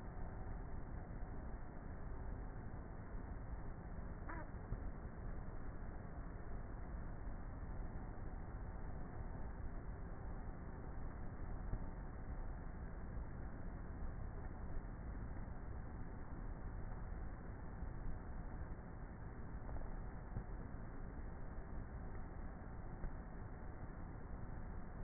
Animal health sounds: honeybee colony, microphone inside the hive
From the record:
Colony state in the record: queenless with a low population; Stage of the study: before two queens were removed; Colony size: about 30,000 bees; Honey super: no

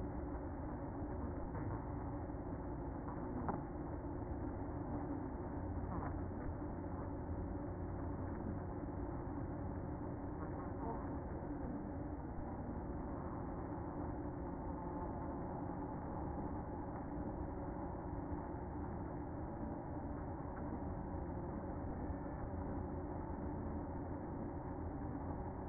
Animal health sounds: honeybee colony, microphone inside the hive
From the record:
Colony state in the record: queen present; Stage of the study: after two queens were removed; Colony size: about 60,000 bees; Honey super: yes

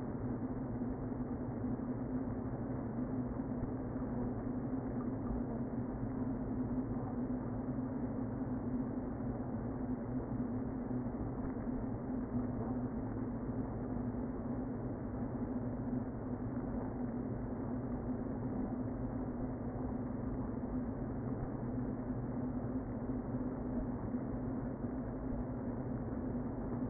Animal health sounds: honeybee colony, microphone inside the hive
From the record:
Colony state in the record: queen present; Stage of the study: before two queens were removed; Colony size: about 60,000 bees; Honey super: yes

